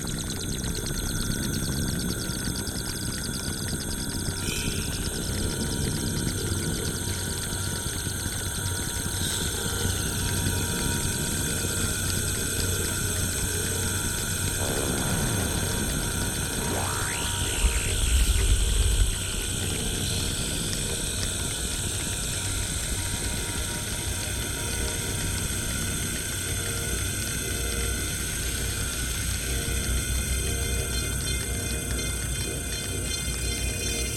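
Synthesizer tones blend with a natural soundscape: steady high sustained pitches ride over a dense, rumbling low bed. Sliding tones sweep downward and upward around the middle, with a brief louder low swell near eighteen seconds before the texture settles back.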